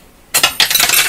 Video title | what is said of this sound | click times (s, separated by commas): Philco 38-C7 Tube Radio Video #13 - Dial Plate and Back Light | heard it pop out was right | 0.4 s